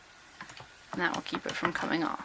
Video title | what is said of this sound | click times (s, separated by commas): Assembling an Ashford Traditional Spinning Wheel | and you just push that onto the groove of the crankshaft, and you'll hear it click, | 0.4 s